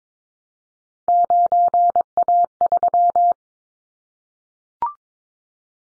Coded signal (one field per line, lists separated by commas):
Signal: Morse code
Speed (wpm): 22 wpm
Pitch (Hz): 700 Hz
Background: none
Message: 9A3